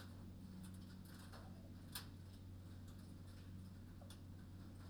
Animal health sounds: poultry house recording; healthy chickens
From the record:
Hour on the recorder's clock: 21

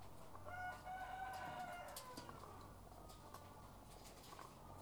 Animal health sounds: poultry house recording; sick chickens (respiratory disease)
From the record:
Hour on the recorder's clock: 12

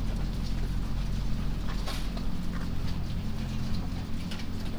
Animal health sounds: poultry house recording; sick chickens (respiratory disease)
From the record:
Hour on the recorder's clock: 2

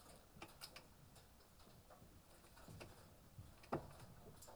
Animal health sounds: poultry house recording; healthy chickens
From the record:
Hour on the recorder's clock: 18

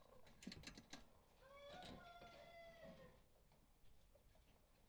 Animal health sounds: poultry house recording; healthy chickens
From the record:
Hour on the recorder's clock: 18

